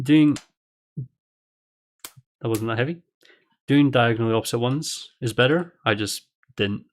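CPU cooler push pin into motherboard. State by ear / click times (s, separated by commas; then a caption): not seated / none. Plastic push pins of a stock CPU cooler are being handled over the motherboard holes while someone talks, with brief sharp transients around 2.0 s. Nothing has seated or clicked yet; the pins are not yet home.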